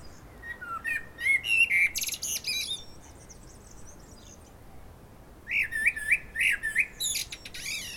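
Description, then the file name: Common blackbird giving two song phrases, each of smooth fluted warbles followed by a burst of high thin chattering twitter. "Turdus merula"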